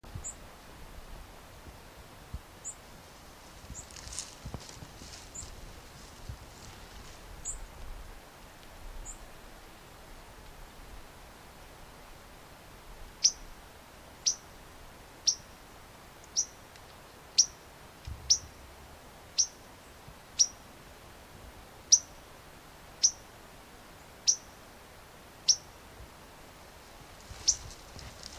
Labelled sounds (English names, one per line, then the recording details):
White-crowned Sparrow call
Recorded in the wild
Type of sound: call
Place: Jasper National Park, Rocky Mountains, Alberta, CA
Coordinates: 53.1956, -117.965
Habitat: clearing
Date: 1991-09-17 14:22
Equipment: Sony WM-D6C, Sony ECM-939 LT (Stereo), Kopie Uher 4400 IC
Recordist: Frommolt, Karl-Heinz
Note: Lichtung in der Nähe des Highways in Richtung Edmonton: Rufe, Artbestimmung rein akustisch